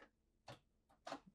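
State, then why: Seated. Someone operates the entrance door lock on the door of a 2025 Newmar Northern Star motorhome, and the lock bolt clicks shut. Two sharp clicks sound at 0.5 s and 1.1 s, with the second one louder. The lock engages.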